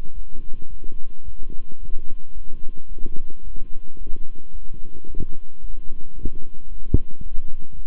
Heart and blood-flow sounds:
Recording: heart sounds by stethoscope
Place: between the tricuspid and mitral areas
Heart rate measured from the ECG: 110 bpm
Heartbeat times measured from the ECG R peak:
0.13 s: heartbeat
0.69 s: heartbeat
1.23 s: heartbeat
1.79 s: heartbeat
2.33 s: heartbeat
2.88 s: heartbeat
3.43 s: heartbeat
3.97 s: heartbeat
4.51 s: heartbeat
5.06 s: heartbeat
5.60 s: heartbeat
6.14 s: heartbeat
6.67 s: heartbeat
7.22 s: heartbeat
7.74 s: heartbeat
From the record:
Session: walking at 3.7 km/h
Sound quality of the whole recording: good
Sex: male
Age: 26 years

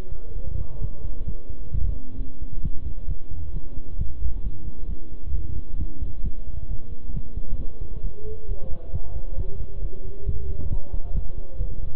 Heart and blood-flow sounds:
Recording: heart sounds by stethoscope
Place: between the tricuspid and mitral areas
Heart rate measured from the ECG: 134 bpm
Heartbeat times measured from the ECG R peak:
0.35 s: heartbeat
0.82 s: heartbeat
1.27 s: heartbeat
1.73 s: heartbeat
2.18 s: heartbeat
2.63 s: heartbeat
3.08 s: heartbeat
3.53 s: heartbeat
3.99 s: heartbeat
4.44 s: heartbeat
4.89 s: heartbeat
5.34 s: heartbeat
5.79 s: heartbeat
6.24 s: heartbeat
6.69 s: heartbeat
7.14 s: heartbeat
7.59 s: heartbeat
8.04 s: heartbeat
8.49 s: heartbeat
8.93 s: heartbeat
9.38 s: heartbeat
9.82 s: heartbeat
10.26 s: heartbeat
10.71 s: heartbeat
11.14 s: heartbeat
11.59 s: heartbeat
From the record:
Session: bicycle stress test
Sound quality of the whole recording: good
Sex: male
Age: 23 years

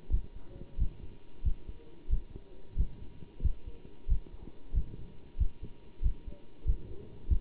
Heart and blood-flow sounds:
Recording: heart sounds by stethoscope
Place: between the tricuspid and mitral areas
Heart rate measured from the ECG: 92 bpm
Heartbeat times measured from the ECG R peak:
0.10 s: heartbeat
0.78 s: heartbeat
1.44 s: heartbeat
2.09 s: heartbeat
2.76 s: heartbeat
3.42 s: heartbeat
4.08 s: heartbeat
4.74 s: heartbeat
5.38 s: heartbeat
6.02 s: heartbeat
6.66 s: heartbeat
7.28 s: heartbeat
From the record:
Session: bicycle stress test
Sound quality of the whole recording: good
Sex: male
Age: 27 years

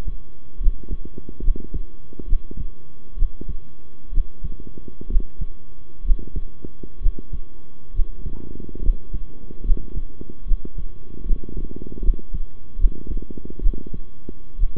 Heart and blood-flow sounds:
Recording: heart sounds by stethoscope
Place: between the tricuspid and mitral areas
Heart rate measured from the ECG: 69 bpm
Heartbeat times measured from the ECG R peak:
0.59 s: heartbeat
1.42 s: heartbeat
2.27 s: heartbeat
3.16 s: heartbeat
4.12 s: heartbeat
5.09 s: heartbeat
6.03 s: heartbeat
7.00 s: heartbeat
7.93 s: heartbeat
8.81 s: heartbeat
9.63 s: heartbeat
10.45 s: heartbeat
11.24 s: heartbeat
12.02 s: heartbeat
12.78 s: heartbeat
13.61 s: heartbeat
14.58 s: heartbeat
From the record:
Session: rest, sitting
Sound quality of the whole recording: good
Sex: male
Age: 23 years

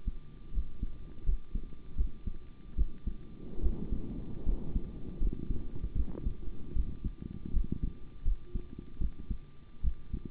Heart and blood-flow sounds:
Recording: heart sounds by stethoscope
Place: between the tricuspid and mitral areas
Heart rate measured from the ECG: 77 bpm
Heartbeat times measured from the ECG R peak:
0.52 s: heartbeat
1.24 s: heartbeat
1.95 s: heartbeat
2.75 s: heartbeat
3.61 s: heartbeat
4.44 s: heartbeat
5.18 s: heartbeat
5.94 s: heartbeat
6.74 s: heartbeat
7.51 s: heartbeat
8.23 s: heartbeat
8.99 s: heartbeat
9.82 s: heartbeat
From the record:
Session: rest, sitting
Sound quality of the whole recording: good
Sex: male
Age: 25 years

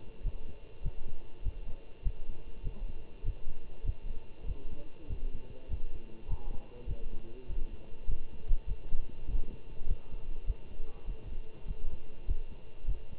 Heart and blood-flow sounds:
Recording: heart sounds by stethoscope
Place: between the tricuspid and mitral areas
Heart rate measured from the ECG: 100 bpm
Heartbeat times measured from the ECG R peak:
0.21 s: heartbeat
0.81 s: heartbeat
1.42 s: heartbeat
2.02 s: heartbeat
2.62 s: heartbeat
3.23 s: heartbeat
3.83 s: heartbeat
4.45 s: heartbeat
5.07 s: heartbeat
5.68 s: heartbeat
6.27 s: heartbeat
6.86 s: heartbeat
7.47 s: heartbeat
8.07 s: heartbeat
8.66 s: heartbeat
9.26 s: heartbeat
9.86 s: heartbeat
10.44 s: heartbeat
11.05 s: heartbeat
11.66 s: heartbeat
12.25 s: heartbeat
12.85 s: heartbeat
From the record:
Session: Bruce protocol treadmill stress test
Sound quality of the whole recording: good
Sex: male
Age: 25 years

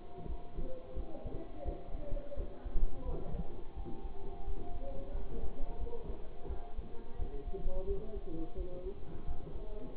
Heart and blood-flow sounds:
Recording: heart sounds by stethoscope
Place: between the tricuspid and mitral areas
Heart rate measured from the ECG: 87 bpm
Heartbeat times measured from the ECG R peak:
0.25 s: heartbeat
0.93 s: heartbeat
1.61 s: heartbeat
2.33 s: heartbeat
3.01 s: heartbeat
3.72 s: heartbeat
4.43 s: heartbeat
5.11 s: heartbeat
5.76 s: heartbeat
6.46 s: heartbeat
7.15 s: heartbeat
7.84 s: heartbeat
8.53 s: heartbeat
9.24 s: heartbeat
9.93 s: heartbeat
From the record:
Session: bicycle stress test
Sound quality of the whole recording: good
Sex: male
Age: 24 years

